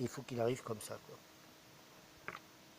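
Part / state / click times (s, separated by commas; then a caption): coolant level sensor connector into radiator sensor / seated / 2.3 s. Someone talks as a plastic connector is pushed onto the coolant level sensor on the radiator of a 1998 Peugeot 806. A short, sharp click at 2.3 seconds marks the connector clipping in and seating, followed by quiet.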